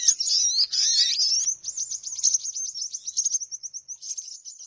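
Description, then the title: Birds chattering loudly, then a fast run of repeated high chips that trails off into scattered twitters. Lure sound of noisy chattering birds used to attract birds, which reportedly gathered close soon after it began. "Baru Diputar Dah Banyak Merapat! Suara Pikat Burung Ribut"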